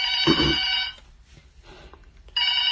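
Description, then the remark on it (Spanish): A telephone rings twice, each burst a loud, bright, buzzing electronic trill with steady high tones, separated by a quiet pause of about a second and a half. “Lo pueden hacer por teléfono.”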